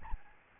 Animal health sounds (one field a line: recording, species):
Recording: mosquito wingbeat signal from an infrared sensor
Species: Aedes albopictus